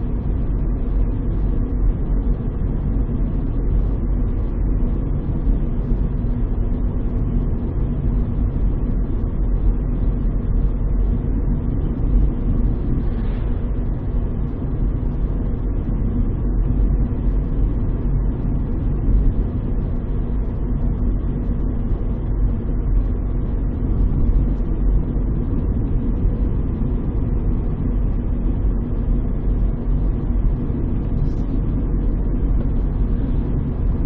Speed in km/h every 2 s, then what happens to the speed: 52, 52, 52, 52, 52, 52, 52, 51, 52, 52, 52, 52, 52, 51, 52, 51, 51.
0-34 steady at about 52.